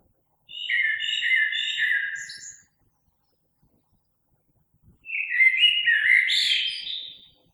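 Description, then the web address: Common blackbird song: two mellow warbled phrases around two seconds long, separated by a pause of a couple of seconds, each ending in higher squeaky notes. Recorded 3 March 2020. "oiseaux Merle 2020 03 03"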